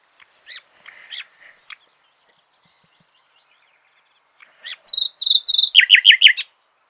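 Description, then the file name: Common nightingale singing two phrases: soft varied chirps and a high whistle, silence, then clear repeated high notes building into a fast, loud, stuttering trill. "Luscinia megarhynchos"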